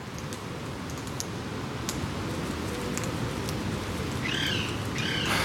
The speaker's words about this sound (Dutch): Maar u hoort het ploppen van besjes, etende halsbandparkieten. Christian Fournier nam dit geluid op in het Beatrixpark in Amsterdam. De parkieten doen zich hier te goed aan kleine besjes. En die hoor je hier knappen.